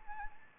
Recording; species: mosquito wingbeat signal from an infrared sensor; Anopheles gambiae